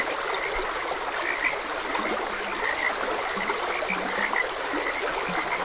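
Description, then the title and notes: Scattered short frog croaks, a few deeper calls among higher ones, with a steady stream flowing throughout. Frogs croaking beside a gentle stream. "Gentle Stream and Frogs Croaking. Sleep and Relaxation Podcast"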